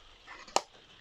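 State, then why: Seated. The embossed tab with a magnet on a finished paper gift bag is snapped shut. After a faint rustle, a single sharp, bright click sounds at 0.6 s, and the magnetic tab is closed and seated.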